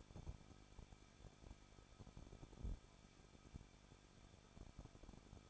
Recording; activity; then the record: daily activity, microphone in the room; no activity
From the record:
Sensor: 5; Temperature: 20.9 degrees Celsius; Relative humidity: 38.3%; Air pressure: 1006.4 hPa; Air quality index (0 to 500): 189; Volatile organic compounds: 19 ppm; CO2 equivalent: 2662 ppm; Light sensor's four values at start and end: 2/3/1/1 and 2/3/1/1